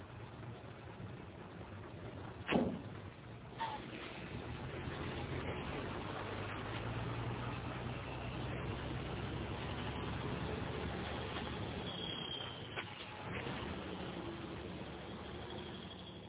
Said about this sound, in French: Dix minutes après, le camion passe devant un aéroport.